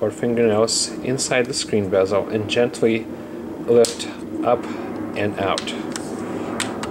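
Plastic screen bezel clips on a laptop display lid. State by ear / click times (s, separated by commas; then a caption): released / 6.0 s, 6.6 s, 6.8 s. Fingertips or fingernails lift the plastic screen bezel up and out from the display lid of a Lenovo IdeaPad N585 laptop, after its two bottom screws are removed, as part of a screen replacement. Someone talks through most of the clip, then the bezel's plastic retaining clips snap loose with sharp clicks at 6.0, 6.6 and 6.8 seconds, releasing the bezel.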